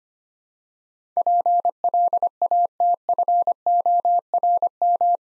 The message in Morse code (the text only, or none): PLATFORM